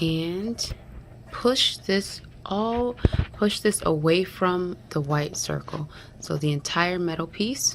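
Someone talks while handling the metal bobbin winder spindle on a sewing machine after the bobbin has filled and the thread has been cut, starting to push the spindle away from the white circle stop. No click is heard, and the spindle has not yet clicked into its set position.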